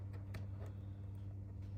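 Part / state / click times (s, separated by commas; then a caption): ground wire terminal pin into headlight connector / not seated / none. A black round ground wire terminal pin from the stock connector of a 98-02 F Body headlight is handled and pushed toward the plastic housing of a new LED headlight connector. Faint handling ticks are heard over a steady low hum, with a brief sharp tap near 0.3 s. Nothing has seated or clicked yet.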